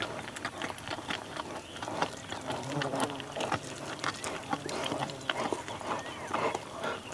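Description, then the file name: Cheetah chewing, with dense sticky crackles, snaps and crunching bites without pause, rough and uneven in loudness. Cheetah eating and chewing, recorded close. "Digiffects Sound Effects Library - Close Cheetah Eating and Chewing"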